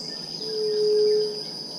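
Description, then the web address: White-tipped dove giving one long, low, hollow hooting coo that swells and fades over about a second, over a steady high insect drone. "White tipped dove. صدای-قمری-ورو"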